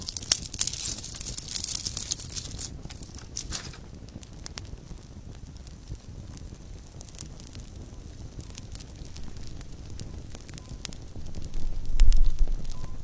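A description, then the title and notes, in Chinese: A calm campfire burns at night, its low rumble steady beneath frequent sharp crackles and pops scattered throughout. A brighter hiss flares in the first three seconds, and a heavier, louder surge of crackling comes near the twelfth second. 晚上平静的篝火声。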